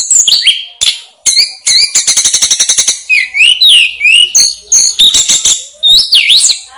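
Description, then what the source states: Snowy-browed flycatcher song opening with whistles, then a fast rattling series of clicks, followed by rising-falling whistled notes and chirps. Master song used to train caged birds.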